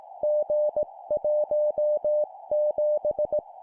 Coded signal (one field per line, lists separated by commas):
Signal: Morse code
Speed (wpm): 18 wpm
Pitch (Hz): 600 Hz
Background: music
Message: G17